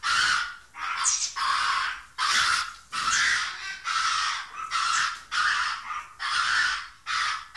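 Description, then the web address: Monkey uttering a run of about ten grating shrieks with brief pauses. "audio animali scimmie scimmie monkey"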